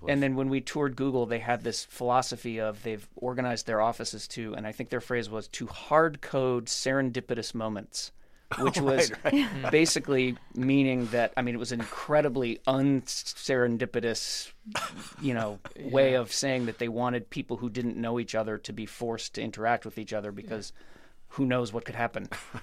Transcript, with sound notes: And then when we toured Google, they had this philosophy of they've organized their offices to - and I think their phrase was to hardcode serendipitous moments...
(Laughter) Oh, right.
...Which was basically meaning that, I mean, it was incredibly un-serendipitous, you know, way of saying that they wanted people who didn't know each other to be forced to interact with each other because who knows what could happen?